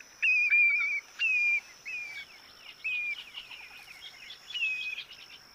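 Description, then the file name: Grey plover whistling a series of plaintive, gently falling notes, the first two loud and spaced about a second apart, then softer calls amid a steady high hiss. "Grey Plover Pluvialis squatarola"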